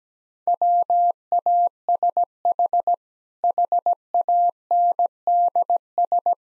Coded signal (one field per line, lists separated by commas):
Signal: Morse code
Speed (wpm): 17 wpm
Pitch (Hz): 700 Hz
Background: none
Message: WASH HANDS